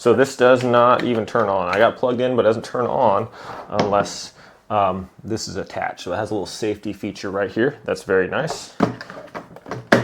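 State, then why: Seated. Someone talks about a Larinest blender that won't turn on while plugged in unless the jar is attached, a safety feature. The jar is then twisted onto the motor base to engage the safety interlock. Small knocks lead up to a loud click at 9.9 s as it locks into place.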